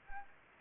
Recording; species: mosquito wingbeat signal from an infrared sensor; Anopheles gambiae